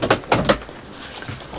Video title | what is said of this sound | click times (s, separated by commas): Wir suchen ein neues Wohnmobil 🚐 - Carthago Chic C Line I 5 9 XL LE | Eingerastet so. | 0.5 s